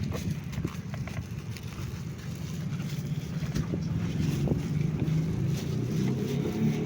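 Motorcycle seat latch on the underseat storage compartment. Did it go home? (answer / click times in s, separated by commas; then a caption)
no / none. The plastic seat lid of the underseat storage compartment on a new Motorstar TVX 150 motorcycle is closed and pressed down several times over a steady low rumble, with brief sharp knocks near 0.9, 1.1, 1.6 and 4.5 seconds. The latch does not catch, and nothing has clicked or locked yet.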